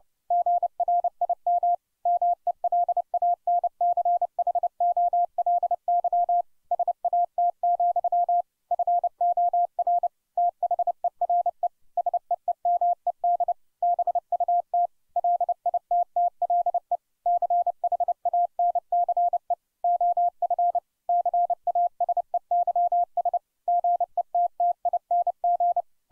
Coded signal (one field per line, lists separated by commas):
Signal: Morse code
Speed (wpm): 31 wpm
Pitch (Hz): 700 Hz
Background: none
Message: GRIM MELANCHOLY SAT, FOR THERE SEEMED BUT LITTLE CHANCE OF CASEYS GETTING